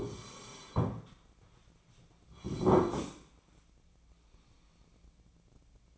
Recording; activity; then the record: daily activity, microphone in the room; sit down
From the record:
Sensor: 1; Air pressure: 1009.2 hPa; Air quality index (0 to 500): 178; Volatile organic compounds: 3 ppm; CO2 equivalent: 1498 ppm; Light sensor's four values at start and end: 40/106/44/52 and 43/115/48/57